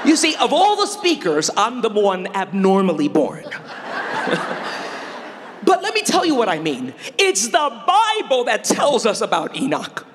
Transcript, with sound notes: You see, of all the speakers, I’m the one abnormally born! (laughter) But let me tell you what I mean: it’s the Bible that tells us about Enoch.